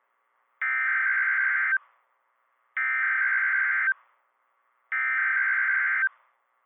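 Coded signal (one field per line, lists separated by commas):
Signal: Emergency Alert System (SAME) tones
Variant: header bursts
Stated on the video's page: Storm alerts from a NOAA weather radio station.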